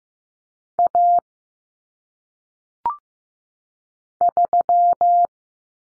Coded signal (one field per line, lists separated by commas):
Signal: Morse code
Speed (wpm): 15 wpm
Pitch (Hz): 700 Hz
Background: none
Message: A 3